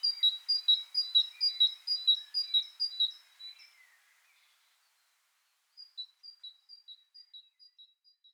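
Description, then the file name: Great tit singing a loud run of alternating high and low notes, a silent gap, then a fainter, quieter series of the same two-note phrase. "Parus major"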